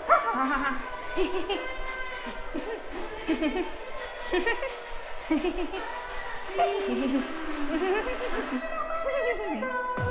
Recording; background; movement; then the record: laughter; music; walking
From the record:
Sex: female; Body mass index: 22.6 kg/m2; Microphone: on the chest, facing outward